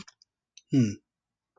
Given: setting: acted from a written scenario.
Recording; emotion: vocal sound without words; neutral